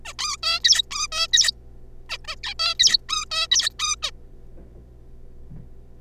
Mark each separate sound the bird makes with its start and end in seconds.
0.05-0.13, 0.19-0.37, 0.43-0.59, 0.64-0.82, 0.91-1.07, 1.12-1.27, 1.32-1.52, 2.09-2.17, 2.25-2.27, 2.28-2.35, 2.43-2.54, 2.59-2.74, 2.79-2.98, 3.09-3.25, 3.31-3.47, 3.51-3.69, 3.79-3.95, 4.02-4.11